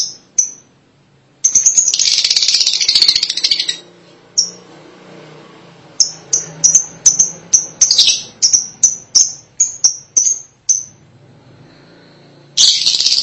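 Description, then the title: Lovebird calls: a long harsh chattering burst, then a quick regular string of piercing chirps, and another chatter at the end. "BM Suara Burung Lovebird"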